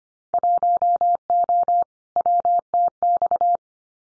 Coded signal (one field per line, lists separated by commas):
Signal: Morse code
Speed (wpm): 25 wpm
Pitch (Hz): 700 Hz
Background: none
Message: 1O WTX